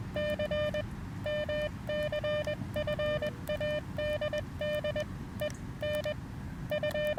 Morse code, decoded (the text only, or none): C MCFADDEN U